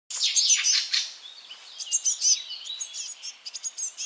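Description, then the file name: Eurasian blue tit calls: loud scratchy burst at the start, followed by softer high chips and thin slurred notes in an irregular sequence. "Cyanistes caeruleus"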